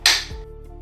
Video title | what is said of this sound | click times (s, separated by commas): How to Assemble Your eFOLDi Lite Mobility Scooter - Step-by-Step Guide | Then lift the handlebars until they click securely. | 0.1 s